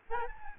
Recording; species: mosquito wingbeat signal from an infrared sensor; Aedes albopictus